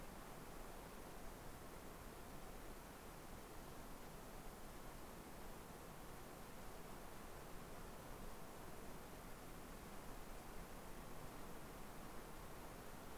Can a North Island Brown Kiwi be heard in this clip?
no